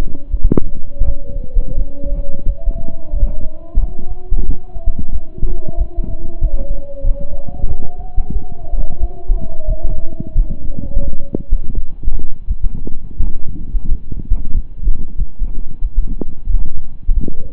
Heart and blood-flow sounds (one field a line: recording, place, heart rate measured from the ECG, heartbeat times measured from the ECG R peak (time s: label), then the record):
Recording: heart sounds by stethoscope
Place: between the tricuspid and mitral areas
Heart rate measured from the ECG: 89 bpm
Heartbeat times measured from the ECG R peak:
0.28 s: heartbeat
1.03 s: heartbeat
1.74 s: heartbeat
2.43 s: heartbeat
3.11 s: heartbeat
3.77 s: heartbeat
4.44 s: heartbeat
5.10 s: heartbeat
5.75 s: heartbeat
6.39 s: heartbeat
7.01 s: heartbeat
7.66 s: heartbeat
8.30 s: heartbeat
8.98 s: heartbeat
9.65 s: heartbeat
10.33 s: heartbeat
11.02 s: heartbeat
11.72 s: heartbeat
12.45 s: heartbeat
13.18 s: heartbeat
13.86 s: heartbeat
14.52 s: heartbeat
15.16 s: heartbeat
15.80 s: heartbeat
16.44 s: heartbeat
17.12 s: heartbeat
From the record:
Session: slow and fast walking with breaks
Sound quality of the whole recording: saturated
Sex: male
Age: 25 years